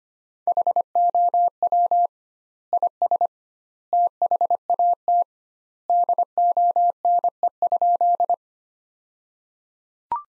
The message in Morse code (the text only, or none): HOW IS THAT DONE?